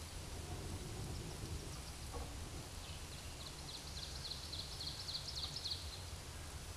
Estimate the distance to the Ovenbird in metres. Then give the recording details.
about 100 m. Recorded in a Pennsylvania forest on 17 May 2023 at 12:40. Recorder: AudioMoth, point grid1_18_low. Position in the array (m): 181 m, 78 m